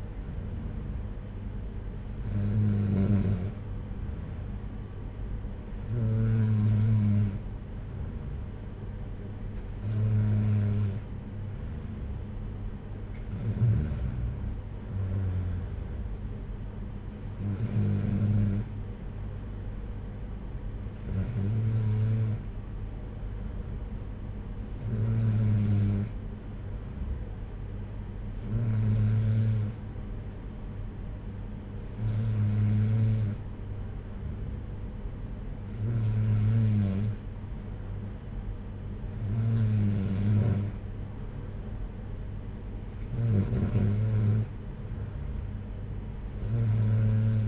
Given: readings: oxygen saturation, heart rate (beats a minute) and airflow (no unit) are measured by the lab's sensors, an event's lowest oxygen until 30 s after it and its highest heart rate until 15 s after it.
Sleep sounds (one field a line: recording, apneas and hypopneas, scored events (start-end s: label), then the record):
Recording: breathing in sleep by a smartphone at the bedside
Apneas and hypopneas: none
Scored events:
none scored
From the record:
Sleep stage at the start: N3 (deep sleep)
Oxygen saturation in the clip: 93 to 94%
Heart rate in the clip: 56 to 63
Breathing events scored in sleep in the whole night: 226 in 8.8 hours asleep